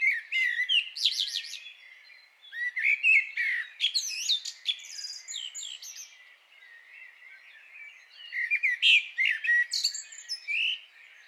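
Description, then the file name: Common blackbird singing varied warbled phrases that finish in thin, high twittering notes, with brief quieter gaps between strophes. "Turdus merula"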